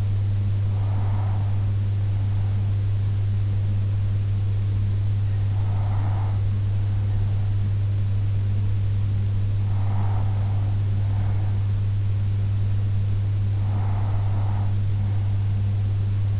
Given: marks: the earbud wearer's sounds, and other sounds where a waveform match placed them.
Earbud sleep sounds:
sounds in sleep by an in-ear microphone; breath
0.00-1.99 s: breath
4.99-6.99 s: breath
9.99-11.99 s: breath
12.99-14.99 s: breath

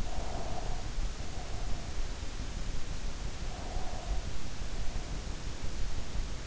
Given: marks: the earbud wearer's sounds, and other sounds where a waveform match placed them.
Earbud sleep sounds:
sounds in sleep by an in-ear microphone; breath
0.02-2.04 s: breath
3.53-5.42 s: breath

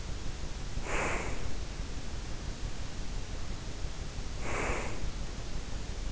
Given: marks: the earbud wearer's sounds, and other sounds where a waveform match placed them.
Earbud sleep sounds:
sounds in sleep by an in-ear microphone; breath
0.67-1.55 s: breath
4.28-5.12 s: breath

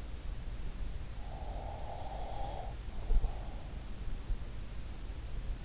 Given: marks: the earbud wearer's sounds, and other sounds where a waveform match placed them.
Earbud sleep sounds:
sounds in sleep by an in-ear microphone; breath
0.95-4.07 s: breath

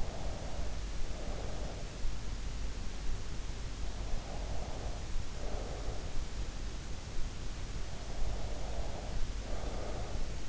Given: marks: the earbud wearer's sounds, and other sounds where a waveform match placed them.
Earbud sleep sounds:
sounds in sleep by an in-ear microphone; breath
0.00-2.04 s: breath
4.15-5.91 s: breath
8.28-10.49 s: breath

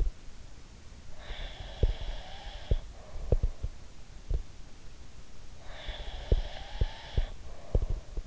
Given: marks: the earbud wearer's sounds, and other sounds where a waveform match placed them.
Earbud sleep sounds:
sounds in sleep by an in-ear microphone; breath
1.13-3.70 s: breath
1.26-4.41 s: sound from someone else or the room
5.53-8.27 s: breath
5.85-8.27 s: sound from someone else or the room

